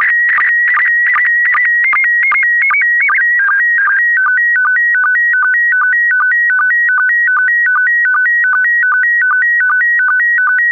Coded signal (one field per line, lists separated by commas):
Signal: SSTV (slow-scan television)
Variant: PD 50